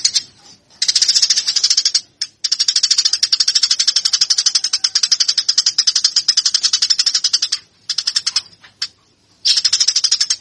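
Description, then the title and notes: Eurasian tree sparrow delivering fast, continuous strings of shrill chirps with several brief breaks, then a final burst. Master song for training fighting-style (tarung) song. "MASTER GEREJA TARUNG. burung gereja"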